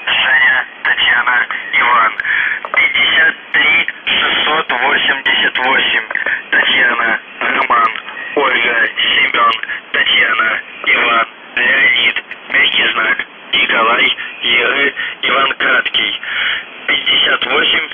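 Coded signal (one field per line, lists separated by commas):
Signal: numbers station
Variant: UVB-76, Russian voice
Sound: a voice reading short words with brief pauses over a narrow radio channel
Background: radio static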